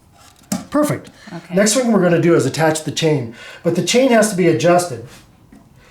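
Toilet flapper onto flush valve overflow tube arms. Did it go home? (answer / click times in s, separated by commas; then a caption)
yes / 0.4 s, 0.5 s. A new rubber toilet flapper is pushed onto the two side arms of the flush valve overflow tube, giving a faint snap at 0.4 s and a loud snap at 0.5 s as its ears seat onto the pegs. Someone then talks.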